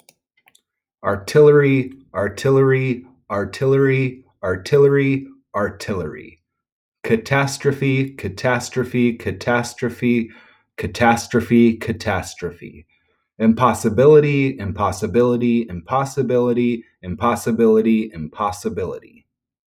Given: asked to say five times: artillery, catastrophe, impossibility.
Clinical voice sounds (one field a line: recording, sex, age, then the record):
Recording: three words, each repeated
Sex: male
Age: 30 to 39 years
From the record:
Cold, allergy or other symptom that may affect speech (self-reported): no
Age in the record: 32 years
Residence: Minnesota, United States